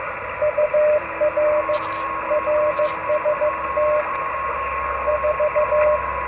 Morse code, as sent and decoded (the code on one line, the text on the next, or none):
..- .-. / .-. ... - / ....-
UR RST 4